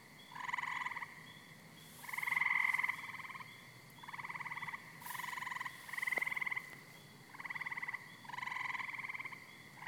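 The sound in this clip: Frog repeating several rattly pulsed croaks of uneven loudness, with a soft click partway through.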